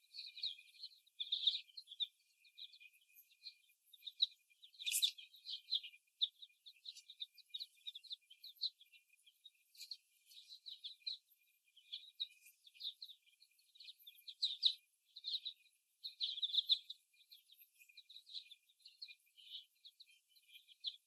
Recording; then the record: young laying hens in a cage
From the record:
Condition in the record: after the stressor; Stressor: simulated dog barking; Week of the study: 1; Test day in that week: 1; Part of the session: 2